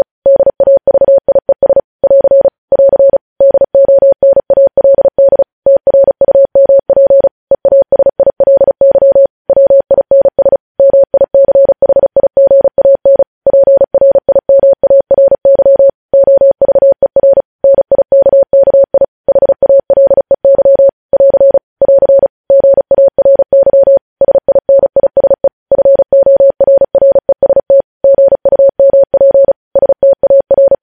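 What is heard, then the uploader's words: Morse code sent as a single steady mid-pitched beep, switched on and off in quick dots and dashes with short gaps between characters. The keying runs continuously for the whole half minute at an even, brisk pace, clean with no other sounds. Morse code.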